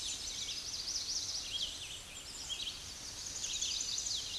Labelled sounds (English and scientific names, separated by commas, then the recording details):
Red-eyed Vireo (Vireo olivaceus) song
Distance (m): 50 m
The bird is about 15 m above the microphone
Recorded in a Pennsylvania forest on 16 May 2024 at 08:11
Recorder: AudioMoth, point MSD-0508
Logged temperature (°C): 15.5 °C
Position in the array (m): 51 m, 174 m